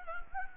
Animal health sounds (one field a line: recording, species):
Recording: mosquito wingbeat signal from an infrared sensor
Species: Anopheles gambiae